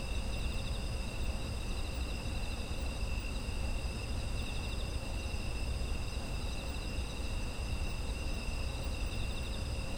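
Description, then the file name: Insects trilling together, with layered, sustained high buzzes and pulsed chirring that never pause, above a continuous deep rumble. Autumn insect ambience. "秋の虫の環境音"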